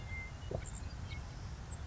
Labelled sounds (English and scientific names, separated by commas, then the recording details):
Savannah Sparrow (Passerculus sandwichensis)
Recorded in Sonoma County, California